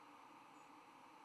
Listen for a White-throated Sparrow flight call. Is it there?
yes